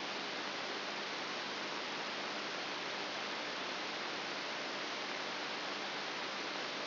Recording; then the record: brain microelectrode recording played as sound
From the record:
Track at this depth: inside the subthalamic nucleus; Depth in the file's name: 0.506 mm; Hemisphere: left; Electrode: 3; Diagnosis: Parkinson's disease